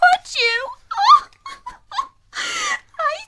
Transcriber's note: bursts into tears